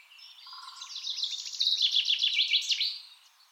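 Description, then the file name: Common chaffinch song: one continuous rapid trill swelling in loudness over about two seconds and finishing with a short descending flourish. "Fringilla coelebs"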